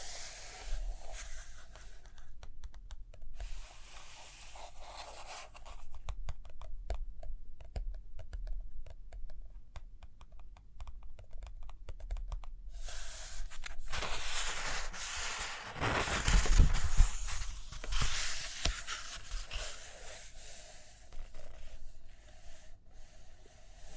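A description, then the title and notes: Paper handling with quick tapping and pen-on-paper scratching. Dense bursts of short clicks and taps run through the first half, then a louder rustling sweep of a page turning around 15 to 17 seconds, followed by sparser taps and soft scratching. ASMR Study With Me Page Turning and Tapping, Writing, Drawing (No Talking).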